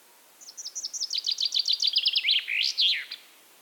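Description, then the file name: Common chaffinch delivering a single song phrase: repeated high notes falling in pitch and quickening, finishing with an emphatic flourish, the song lasting just under three seconds overall. "Fringilla coelebs"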